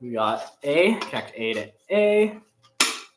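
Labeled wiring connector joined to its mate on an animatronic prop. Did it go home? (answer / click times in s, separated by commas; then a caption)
yes / 2.8 s. Someone talks while joining labeled plug A to its matching socket A on an animatronic prop. After a short pause, a sharp click sounds at 2.8 s as the connector locks into place.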